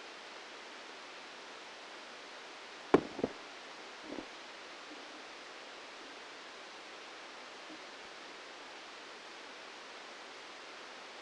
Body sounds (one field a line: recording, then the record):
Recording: brain microelectrode recording played as sound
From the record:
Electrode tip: outside the subthalamic nucleus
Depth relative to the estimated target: 3 mm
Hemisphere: left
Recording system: NeuroSet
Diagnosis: Parkinson's disease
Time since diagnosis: 13 years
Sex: male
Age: 65 years